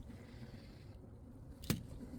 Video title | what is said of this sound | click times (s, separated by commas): UPGRADE Your Vision! Replacing Kia EV6 Wiper Blades with Bosch Icon (DIY Guide) | and then slide it into place until it snaps in and then we'll close that cover | 1.6 s, 1.7 s